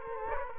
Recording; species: mosquito wingbeat signal from an infrared sensor; Culex quinquefasciatus